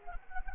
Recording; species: mosquito wingbeat signal from an infrared sensor; Anopheles gambiae